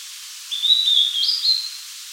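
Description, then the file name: Blue-and-white flycatcher giving a single high whistled phrase that wavers and then rises briefly. "Cyanoptila cyanomelana"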